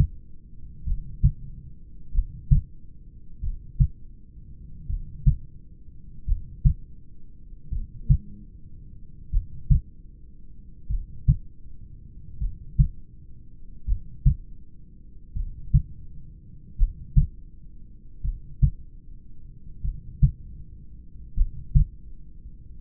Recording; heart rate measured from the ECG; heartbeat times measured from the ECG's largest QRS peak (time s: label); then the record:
heart sounds by stethoscope; 41 bpm
0.90 s: heartbeat
2.17 s: heartbeat
3.46 s: heartbeat
4.92 s: heartbeat
6.30 s: heartbeat
7.74 s: heartbeat
9.35 s: heartbeat
10.92 s: heartbeat
12.43 s: heartbeat
13.90 s: heartbeat
15.38 s: heartbeat
16.81 s: heartbeat
18.26 s: heartbeat
19.86 s: heartbeat
21.39 s: heartbeat
From the record:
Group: heart failure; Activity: rest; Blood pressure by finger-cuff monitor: 163/69 mmHg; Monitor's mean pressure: 92 mmHg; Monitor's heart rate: 41 bpm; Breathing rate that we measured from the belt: 16 breaths a minute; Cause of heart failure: familial cardiomyopathy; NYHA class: 1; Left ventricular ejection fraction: 49%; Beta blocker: bisoprolol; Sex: male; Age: 31 years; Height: 194 cm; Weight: 96 kg